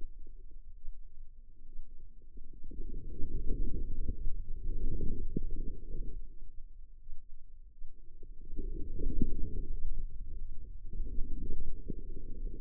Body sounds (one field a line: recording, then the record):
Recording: forearm muscle sounds (acoustic myography)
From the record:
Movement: inward rotation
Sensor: system 2, bracelet of six BSWA MPA416 microphones around the upper forearm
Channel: 5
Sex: female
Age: 25 years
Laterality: right